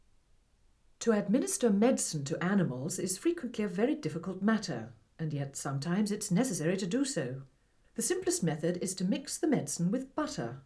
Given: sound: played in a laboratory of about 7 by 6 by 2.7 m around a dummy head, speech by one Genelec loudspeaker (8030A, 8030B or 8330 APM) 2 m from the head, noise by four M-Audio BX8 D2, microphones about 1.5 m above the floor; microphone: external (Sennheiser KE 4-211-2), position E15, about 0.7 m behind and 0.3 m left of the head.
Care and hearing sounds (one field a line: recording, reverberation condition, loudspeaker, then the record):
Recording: female speech in English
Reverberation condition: low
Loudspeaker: behind (180 degrees)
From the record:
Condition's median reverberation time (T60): about 310 ms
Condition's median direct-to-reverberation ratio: about 3.5 dB